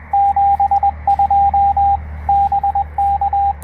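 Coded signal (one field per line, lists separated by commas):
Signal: Morse code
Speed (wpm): 21 wpm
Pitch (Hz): 800 Hz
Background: radio noise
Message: 72 BK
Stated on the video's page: POTA park activation on a Penntek TR-45L with internal battery, CW Morse double paddle, and end-fed half wave antenna.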